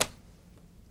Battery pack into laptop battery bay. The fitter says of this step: When replacing a battery, simply push it in until you hear it click.